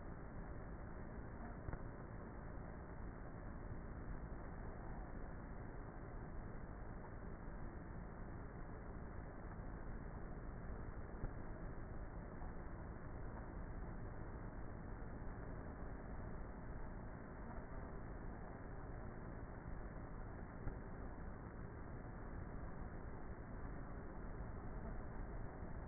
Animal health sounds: honeybee colony, microphone inside the hive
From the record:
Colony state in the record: queenless with a low population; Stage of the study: before two queens were removed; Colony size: about 30,000 bees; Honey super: no

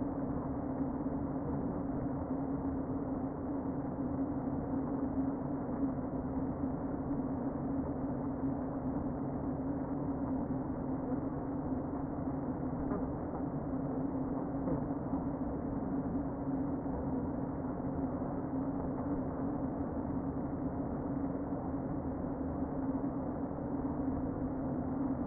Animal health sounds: honeybee colony, microphone inside the hive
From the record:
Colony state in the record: queen present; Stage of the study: before two queens were removed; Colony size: about 60,000 bees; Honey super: yes

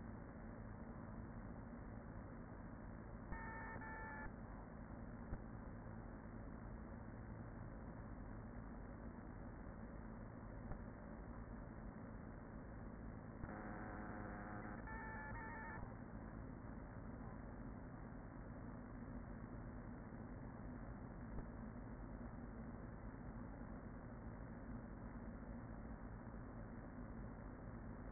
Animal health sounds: honeybee colony, microphone inside the hive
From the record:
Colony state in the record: queen present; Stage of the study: after two queens were removed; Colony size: about 40,000 bees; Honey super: no

